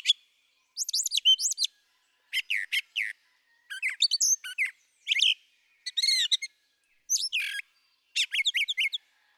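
Brown thrasher song of clipped, rapid note clusters and slurred whistles, phrases often repeated before switching, with short pauses between.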